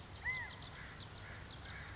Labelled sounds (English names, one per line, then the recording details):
California Quail
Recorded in Sonoma County, California